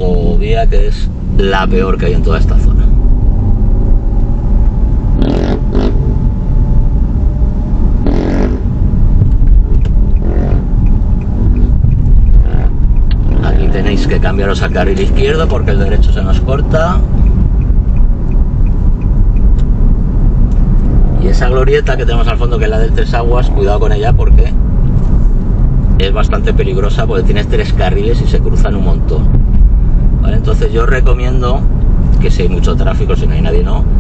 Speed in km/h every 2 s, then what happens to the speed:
17, 24, 30, 29, 30, 30, 31, 34, 39, 39, 42, 43, 43, 44, 44, 46, 44.
0-3 speeds up to 30. 3-12 steady at about 30. 12-16 speeds up to 39. 16-34 steady at about 43.